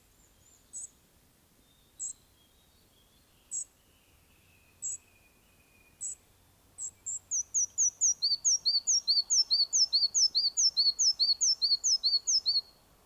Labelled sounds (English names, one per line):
Red-breasted Flycatcher song